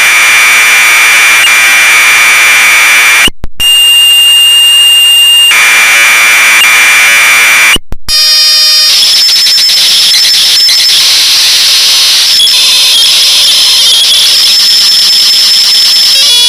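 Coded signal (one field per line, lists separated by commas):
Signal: Commodore tape loading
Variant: Commodore 64 Datassette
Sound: harsh buzzing data screech, two short silences, a steady high tone, then dense warbling buzz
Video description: Questa è 'la voce' del #Datassette che carica un gioco sul mitico #Commodore64.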